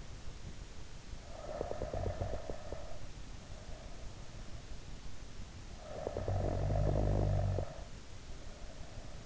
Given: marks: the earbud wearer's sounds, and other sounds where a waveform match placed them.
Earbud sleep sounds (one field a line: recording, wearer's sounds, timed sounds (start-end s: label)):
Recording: sounds in sleep by an in-ear microphone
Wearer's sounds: snoring breath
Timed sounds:
0.89-4.13 s: snoring breath
5.57-9.26 s: snoring breath